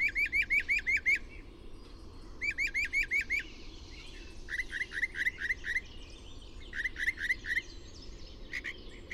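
Bird song of short bursts of five or six rapid chirps, each burst repeated after a pause, with softer twittering behind.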